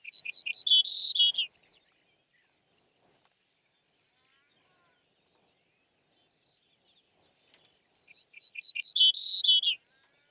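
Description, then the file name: Cretzschmar's bunting singing two matching phrases about eight seconds apart, each a quick run of sweet ringing notes finishing with lower slurred tones, with silence between. "steinortolan"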